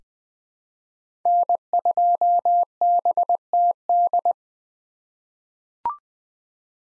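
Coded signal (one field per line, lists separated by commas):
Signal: Morse code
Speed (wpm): 20 wpm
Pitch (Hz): 700 Hz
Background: none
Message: N2BTD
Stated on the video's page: Common 2023 POTA activator call signs sent at 20 wpm for head-copy practice, each sent in Morse, spoken, then sent again.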